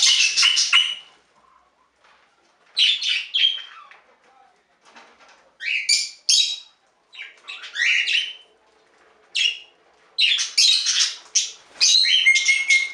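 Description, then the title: Budgerigar calls, harsh squawks and scratchy chirps in irregular bursts separated by brief silences. "Budgie Sounds"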